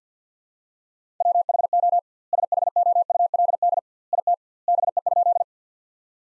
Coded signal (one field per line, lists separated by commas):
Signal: Morse code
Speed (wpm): 50 wpm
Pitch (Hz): 700 Hz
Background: none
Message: WHO SHOULD IT BE?